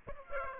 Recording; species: mosquito wingbeat signal from an infrared sensor; Aedes aegypti